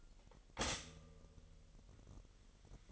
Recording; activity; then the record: daily activity, microphone in the room; stop toaster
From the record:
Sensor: 4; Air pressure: 1002.9 hPa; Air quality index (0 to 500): 242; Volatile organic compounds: 18 ppm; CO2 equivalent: 2622 ppm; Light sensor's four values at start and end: 20/69/25/25 and 20/69/25/25